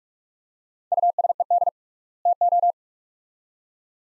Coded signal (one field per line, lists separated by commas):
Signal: Morse code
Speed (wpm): 43 wpm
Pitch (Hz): 700 Hz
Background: none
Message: USED TO